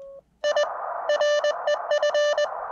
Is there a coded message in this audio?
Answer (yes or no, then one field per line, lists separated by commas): yes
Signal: Morse code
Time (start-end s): 0.4-2.5 s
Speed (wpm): 21 wpm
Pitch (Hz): 590 Hz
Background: none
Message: I REF